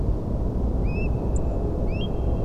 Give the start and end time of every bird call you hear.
[0.82, 1.08] Eurasian Stone-curlew (Burhinus oedicnemus) (1.9-5.4 kHz)
[1.34, 1.39] Song Thrush (Turdus philomelos) (6.8-10.0 kHz)
[1.86, 2.08] Eurasian Stone-curlew (Burhinus oedicnemus) (2.0-5.7 kHz)

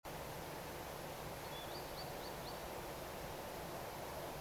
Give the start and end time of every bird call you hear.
[1.44, 2.54] Green Sandpiper (Tringa ochropus) (3.1-4.9 kHz)

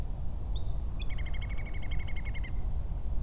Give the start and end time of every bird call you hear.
[0.55, 0.71] Little Grebe (Tachybaptus ruficollis) (3.1-4.0 kHz)
[0.99, 2.51] Little Grebe (Tachybaptus ruficollis) (1.7-7.6 kHz)

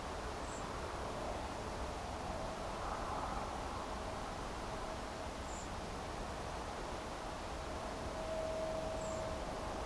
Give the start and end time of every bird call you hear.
[0.42, 0.64] Common Blackbird (Turdus merula) (7.1-8.4 kHz)
[5.43, 5.64] Common Blackbird (Turdus merula) (6.7-8.4 kHz)
[8.99, 9.22] Common Blackbird (Turdus merula) (6.7-8.0 kHz)

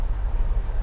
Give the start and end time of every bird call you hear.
[0.25, 0.55] Tree Pipit (Anthus trivialis) (4.1-6.6 kHz)

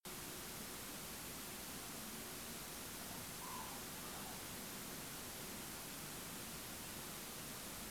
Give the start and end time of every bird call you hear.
[3.41, 3.77] Common Crane (Grus grus) (0.1-1.1 kHz)

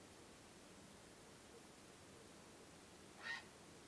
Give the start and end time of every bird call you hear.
[3.18, 3.47] Grey Heron (Ardea cinerea) (0.9-6.9 kHz)

